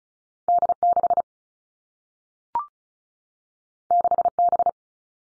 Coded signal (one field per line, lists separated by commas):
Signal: Morse code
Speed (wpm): 36 wpm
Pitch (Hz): 700 Hz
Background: none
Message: D 6 6 B